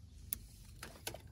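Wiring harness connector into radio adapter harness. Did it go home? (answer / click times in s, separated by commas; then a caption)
yes / 0.3 s. A plastic wiring harness connector is pushed straight into the radio adapter harness during a double-DIN radio install in a MK6 Jetta dash, giving a sharp click at 0.3 s as it seats. Softer clicks and taps follow at about 0.8, 1.1 and 1.2 s.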